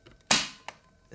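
A plastic dummy tank is pushed back into a yeedi vac 2 pro robot vacuum and snaps in place nicely with a sharp, bright click at 0.3 s that rings down over the next few tenths of a second. A softer tap follows around 0.7 s, and another noise rises at the very end. The tank is seated.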